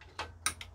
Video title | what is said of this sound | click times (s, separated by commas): Philips VR2022 - Replacing the Mains Suppressor Capacitor and troubleshooting a playback issue | okay yeah that's clipped in nicely so i | 0.5 s